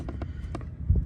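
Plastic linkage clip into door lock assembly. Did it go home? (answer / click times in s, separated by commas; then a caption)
no / none. A small plastic linkage clip is handled and pushed toward the door lock assembly during a driver's front door lock actuator replacement on a 2005 Scion xB. Faint, light ticks of handling come around 0.1, 0.2 and 0.6 seconds over a low rumble that grows louder near the end. Nothing has seated or clicked yet.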